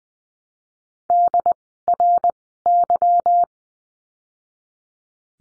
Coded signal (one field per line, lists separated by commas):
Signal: Morse code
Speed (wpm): 20 wpm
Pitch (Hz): 700 Hz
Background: none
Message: DRY